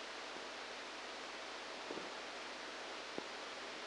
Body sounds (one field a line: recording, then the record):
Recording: brain microelectrode recording played as sound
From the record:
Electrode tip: outside the subthalamic nucleus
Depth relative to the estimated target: -2 mm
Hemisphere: left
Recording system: NeuroSet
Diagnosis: Parkinson's disease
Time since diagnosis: 10 years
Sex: male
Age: 63 years